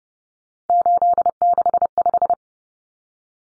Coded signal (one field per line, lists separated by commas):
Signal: Morse code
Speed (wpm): 30 wpm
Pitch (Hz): 700 Hz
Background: none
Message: 865